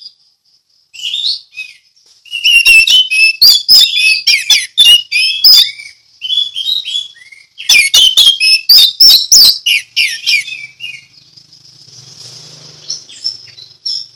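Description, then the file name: Orange-headed thrush song, a nearly continuous rapid run of varied whistled phrases and sharp chips, trailing into a thin, quiet high buzz at the end. Ngeplong song style. "anis merah ngeplong"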